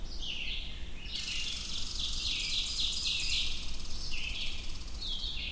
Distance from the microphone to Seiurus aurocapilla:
about 25 m